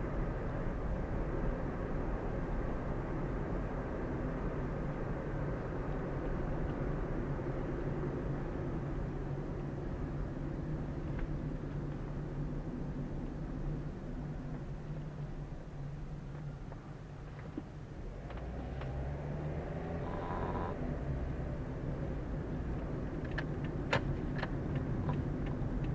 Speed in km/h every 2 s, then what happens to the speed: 49, 47, 46, 44, 36, 28, 26, 19, 12, 15, 26, 31, 30.
0-16 slows to 12. 16-22 speeds up to 31.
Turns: 22-26.